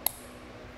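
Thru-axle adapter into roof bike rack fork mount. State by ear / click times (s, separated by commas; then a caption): seated / 0.1 s. A 15x110 thru-axle adapter is pressed into the fork mount of a Thule TopRide roof bike rack for one bike on a 2017 Toyota RAV4. A single sharp, short snap at 0.07 s stands out above faint background noise, and the adapter is seated in place.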